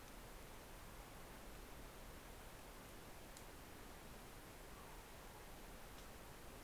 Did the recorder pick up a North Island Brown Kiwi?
no